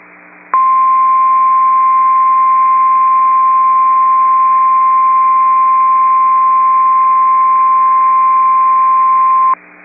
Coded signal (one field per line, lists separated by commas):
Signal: Emergency Alert System (SAME) tones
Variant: 1050 Hz attention tone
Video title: Tornado Watch #661 (8/28/24) [EAS #20]